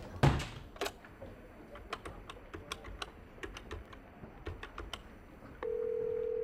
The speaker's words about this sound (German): Schließen Sie bitte die Tür hinter sich.